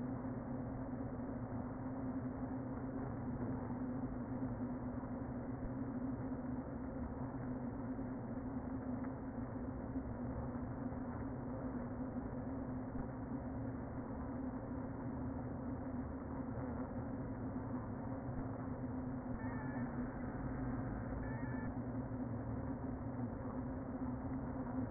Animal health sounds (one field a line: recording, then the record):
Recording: honeybee colony, microphone inside the hive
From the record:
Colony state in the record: queen present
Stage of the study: before two queens were removed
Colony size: about 60,000 bees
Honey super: yes